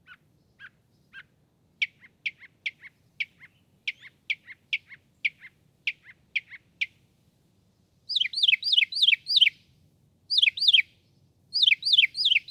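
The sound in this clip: Northern mockingbird song: spaced single chips that speed up into a steady series, then switch to rich, rolling bursts of rapid, high notes.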